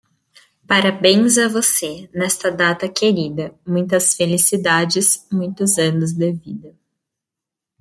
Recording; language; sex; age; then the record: short text; Brazilian Portuguese; female; 20 to 29 years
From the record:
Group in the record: control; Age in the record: 21 years